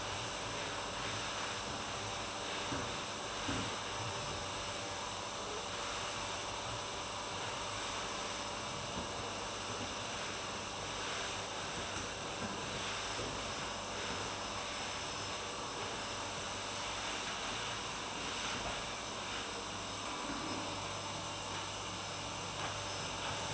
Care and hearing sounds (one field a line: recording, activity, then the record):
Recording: daily activity, microphone in the room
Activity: vacuum cleaning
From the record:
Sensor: 2